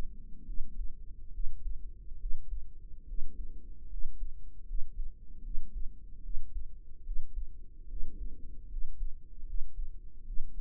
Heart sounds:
heart sounds by microphone in the right ear; 73 bpm
0.43 s: heartbeat
1.29 s: heartbeat
2.16 s: heartbeat
3.04 s: heartbeat
3.86 s: heartbeat
4.63 s: heartbeat
5.40 s: heartbeat
6.20 s: heartbeat
7.02 s: heartbeat
7.85 s: heartbeat
8.67 s: heartbeat
9.43 s: heartbeat
10.23 s: heartbeat
From the record:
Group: healthy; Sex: female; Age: 32 years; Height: 168 cm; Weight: 61.9 kg

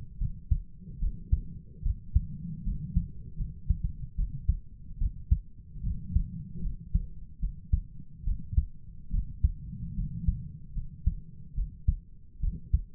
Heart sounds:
heart sounds by stethoscope; 74 bpm
0.19 s: heartbeat
1.00 s: heartbeat
1.83 s: heartbeat
2.65 s: heartbeat
3.38 s: heartbeat
4.16 s: heartbeat
4.99 s: heartbeat
5.84 s: heartbeat
6.63 s: heartbeat
7.41 s: heartbeat
8.25 s: heartbeat
9.12 s: heartbeat
9.96 s: heartbeat
10.75 s: heartbeat
11.55 s: heartbeat
12.41 s: heartbeat
From the record:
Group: healthy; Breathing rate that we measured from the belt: 16 breaths a minute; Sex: female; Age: 22 years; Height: 160 cm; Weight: 63 kg

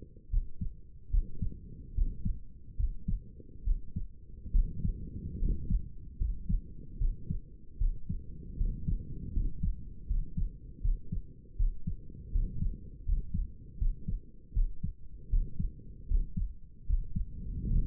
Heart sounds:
heart sounds by stethoscope; 76 bpm
0.30 s: heartbeat
1.10 s: heartbeat
1.94 s: heartbeat
2.76 s: heartbeat
3.64 s: heartbeat
4.52 s: heartbeat
5.39 s: heartbeat
6.18 s: heartbeat
6.98 s: heartbeat
7.78 s: heartbeat
8.57 s: heartbeat
9.33 s: heartbeat
10.07 s: heartbeat
10.81 s: heartbeat
11.56 s: heartbeat
12.31 s: heartbeat
13.05 s: heartbeat
13.78 s: heartbeat
14.53 s: heartbeat
15.29 s: heartbeat
16.07 s: heartbeat
16.86 s: heartbeat
17.67 s: heartbeat
From the record:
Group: healthy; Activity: rest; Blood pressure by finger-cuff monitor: 121/75 mmHg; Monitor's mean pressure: 83 mmHg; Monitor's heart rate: 76 bpm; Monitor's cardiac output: 6.4 L/min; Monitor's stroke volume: 82 mL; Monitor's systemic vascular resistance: 950 dyn s/cm5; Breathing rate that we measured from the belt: 17 breaths a minute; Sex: male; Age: 35 years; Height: 180 cm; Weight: 86.9 kg

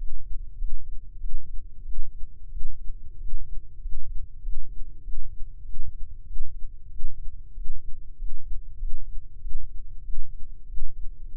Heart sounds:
heart sounds by microphone in the left ear; 95 bpm
0.55 s: heartbeat
1.17 s: heartbeat
1.81 s: heartbeat
2.48 s: heartbeat
3.16 s: heartbeat
3.78 s: heartbeat
4.39 s: heartbeat
5.00 s: heartbeat
5.61 s: heartbeat
6.23 s: heartbeat
6.87 s: heartbeat
7.52 s: heartbeat
8.15 s: heartbeat
8.76 s: heartbeat
9.37 s: heartbeat
10.01 s: heartbeat
10.65 s: heartbeat
11.30 s: heartbeat
From the record:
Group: healthy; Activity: rest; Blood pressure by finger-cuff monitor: 125/89 mmHg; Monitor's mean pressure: 101 mmHg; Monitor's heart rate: 95 bpm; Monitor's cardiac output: 6.6 L/min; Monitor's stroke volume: 68 mL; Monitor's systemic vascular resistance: 1130 dyn s/cm5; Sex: male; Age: 21 years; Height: 180 cm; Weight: 67.5 kg

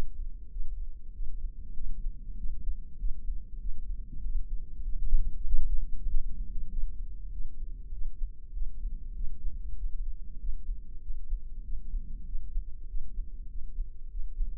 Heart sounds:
heart sounds by microphone in the left ear; 97 bpm
0.54 s: heartbeat
1.16 s: heartbeat
1.78 s: heartbeat
2.40 s: heartbeat
3.01 s: heartbeat
3.63 s: heartbeat
4.25 s: heartbeat
4.87 s: heartbeat
5.48 s: heartbeat
6.10 s: heartbeat
6.72 s: heartbeat
7.34 s: heartbeat
7.95 s: heartbeat
8.56 s: heartbeat
9.17 s: heartbeat
9.79 s: heartbeat
10.42 s: heartbeat
11.04 s: heartbeat
11.66 s: heartbeat
12.28 s: heartbeat
12.90 s: heartbeat
13.52 s: heartbeat
14.13 s: heartbeat
From the record:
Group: healthy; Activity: rest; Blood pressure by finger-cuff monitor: 152/73 mmHg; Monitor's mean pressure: 95 mmHg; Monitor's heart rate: 97 bpm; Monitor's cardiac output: 8.8 L/min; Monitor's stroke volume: 91 mL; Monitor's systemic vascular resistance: 790 dyn s/cm5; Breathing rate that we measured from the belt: 20 breaths a minute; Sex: male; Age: 21 years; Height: 175 cm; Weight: 72.6 kg

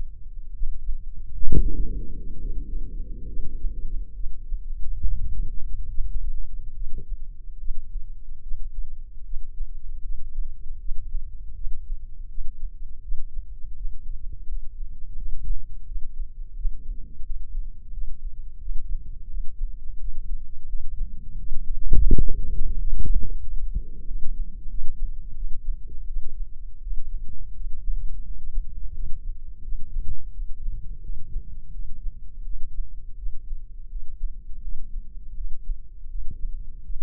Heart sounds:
heart sounds by microphone in the left ear; 81 bpm
0.53 s: heartbeat
1.47 s: heartbeat
2.39 s: heartbeat
3.27 s: heartbeat
4.14 s: heartbeat
5.01 s: heartbeat
5.89 s: heartbeat
6.74 s: heartbeat
7.58 s: heartbeat
8.42 s: heartbeat
9.24 s: heartbeat
10.02 s: heartbeat
10.79 s: heartbeat
11.55 s: heartbeat
12.28 s: heartbeat
13.02 s: heartbeat
13.75 s: heartbeat
14.47 s: heartbeat
15.16 s: heartbeat
15.86 s: heartbeat
16.55 s: heartbeat
17.24 s: heartbeat
17.91 s: heartbeat
18.59 s: heartbeat
19.28 s: heartbeat
19.98 s: heartbeat
20.67 s: heartbeat
21.36 s: heartbeat
22.06 s: heartbeat
22.76 s: heartbeat
23.41 s: heartbeat
24.05 s: heartbeat
24.68 s: heartbeat
25.34 s: heartbeat
26.07 s: heartbeat
26.81 s: heartbeat
27.54 s: heartbeat
28.24 s: heartbeat
28.93 s: heartbeat
29.62 s: heartbeat
30.32 s: heartbeat
31.02 s: heartbeat
31.72 s: heartbeat
32.44 s: heartbeat
33.17 s: heartbeat
33.90 s: heartbeat
34.62 s: heartbeat
35.35 s: heartbeat
36.09 s: heartbeat
36.83 s: heartbeat
From the record:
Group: healthy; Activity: breath hold 0-3 s, rest 3-37 s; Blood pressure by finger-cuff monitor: 134/74 mmHg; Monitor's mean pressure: 90 mmHg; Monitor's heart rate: 81 bpm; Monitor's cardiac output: 8.4 L/min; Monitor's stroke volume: 102 mL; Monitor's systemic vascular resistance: 820 dyn s/cm5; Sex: male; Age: 57 years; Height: 188 cm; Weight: 106 kg

